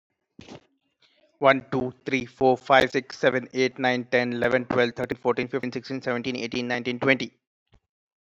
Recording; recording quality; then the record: counting at a fast pace; excellent, no background noise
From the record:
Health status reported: healthy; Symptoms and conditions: none ticked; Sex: male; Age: 38 years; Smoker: not ticked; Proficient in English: yes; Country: India